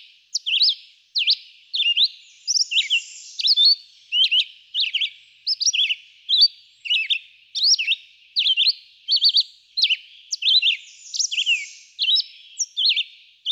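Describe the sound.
Red-eyed vireo singing short, slurred whistled phrases, repeated more than once a second with tiny pauses, in a steady run.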